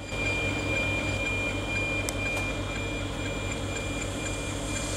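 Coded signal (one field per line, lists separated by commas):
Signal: weather satellite image (APT)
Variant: NOAA APT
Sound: hissy steady 2.4 kHz whine with faint rhythmic tick-tock beneath static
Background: radio static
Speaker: this is the first image we've captured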